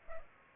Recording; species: mosquito wingbeat signal from an infrared sensor; Culex pipiens